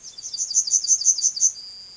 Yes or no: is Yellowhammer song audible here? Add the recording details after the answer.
yes. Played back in grassland. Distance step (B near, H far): C. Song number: 167